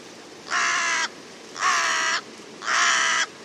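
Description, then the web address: Bird calling with three raspy, drawn-out caws, each about half a second long, evenly repeated roughly once a second over a soft background hiss. "cianscape. Deverinetal 2025. Bird Only"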